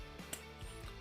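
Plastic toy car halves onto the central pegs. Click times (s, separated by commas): 0.3 s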